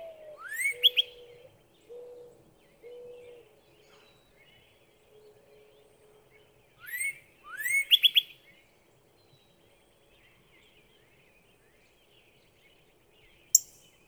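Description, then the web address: Northern cardinal whistled song of upward-sweeping slurs in quick pairs, mixed with low, even whistled tones and an isolated sharp high click near the end. "birdsongforthecurious songs Northern Cardinal"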